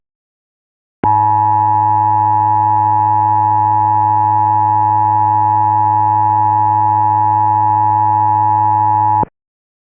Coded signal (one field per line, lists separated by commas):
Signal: Emergency Alert System (SAME) tones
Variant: 853 and 960 Hz attention tone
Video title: EAS Mock 3: Out of Ham